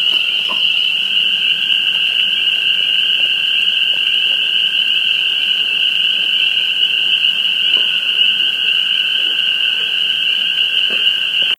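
Spring peepers calling en masse, their shrill peeps blending into an unbroken high-pitched drone, over a softer lower steady tone and faint scattered clicks.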